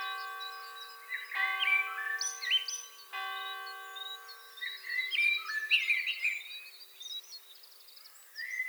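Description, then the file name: Common blackbird warbling and twittering phrases, with resonant ringing chime tones sounding in the first few seconds. "Turdus merula"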